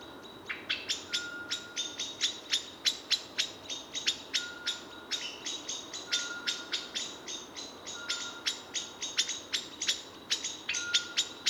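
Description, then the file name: Common blackbird giving sharp, clicking chink calls in a rapid run throughout, over a faint intermittent whine. "Turdus merula"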